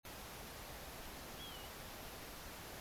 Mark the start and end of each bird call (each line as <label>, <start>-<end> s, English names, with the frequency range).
European Golden Plover (2.7-3.5 kHz), 1.37-1.69 s